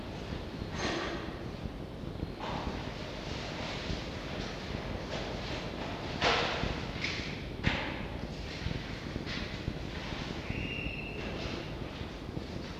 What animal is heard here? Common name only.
Red Fox